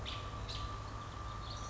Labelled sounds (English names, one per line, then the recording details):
American Robin
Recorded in Sonoma County, California